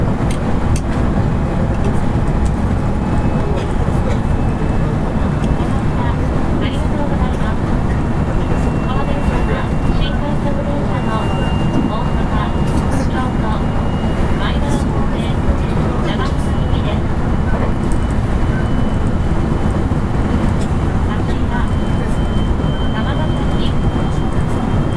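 A Series 223 electric train runs along at steady speed, with a dense, constant low rumble and rattle filling the whole stretch. A faint high whine holds across it, and brief clicks and knocks from the wheels recur. Muffled voices murmur underneath.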